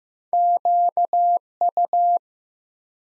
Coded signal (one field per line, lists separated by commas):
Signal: Morse code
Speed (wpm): 15 wpm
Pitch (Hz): 700 Hz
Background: none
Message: QU